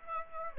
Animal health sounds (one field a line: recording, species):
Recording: mosquito wingbeat signal from an infrared sensor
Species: Aedes aegypti